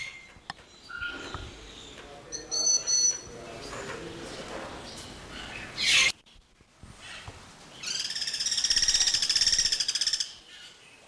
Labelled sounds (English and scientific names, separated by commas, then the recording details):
Guira Cuckoo (Guira guira)
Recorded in captivity
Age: adult
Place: Zoo Berlin, Berlin, DE
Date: 1992-05-09 10:34
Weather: wechselnd wolkig, böiger Wind, 10-12°C
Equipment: Nagra SN, Mikrofon AKG CK 8, Kopie Tesla B 116
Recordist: Tembrock, Günter